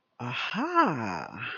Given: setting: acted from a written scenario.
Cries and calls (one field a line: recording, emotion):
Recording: vocal sound without words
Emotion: interest